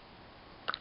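A replacement hard drive, already fitted with its two inside screws, is set into the drive bay of a Gateway NV53 laptop and pushed onto its connector. After a quiet stretch, a sharp hit at 0.7 s is followed by two smaller clicks just after. The drive is seated in its bay.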